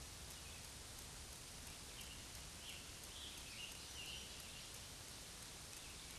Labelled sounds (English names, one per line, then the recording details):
Scarlet Tanager song
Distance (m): 110 m
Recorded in a Pennsylvania forest on 1 June 2023 at 08:09
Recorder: AudioMoth, point grid3_28_low
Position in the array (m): 163 m, 142 m